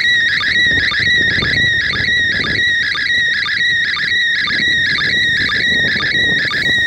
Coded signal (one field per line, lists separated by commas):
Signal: SSTV (slow-scan television)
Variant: PD 120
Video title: #REWA ISS slow scan TV image decoding